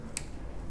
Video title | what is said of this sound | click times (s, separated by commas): JEEP CHEROKEE CODE P0201 P0202 P0203 P0204 ENGINE LIGHT ON 2014 2015 2016 2017 2018 2019 2020 | push the object until that connector to the injector until you hear a click listen now and | 0.2 s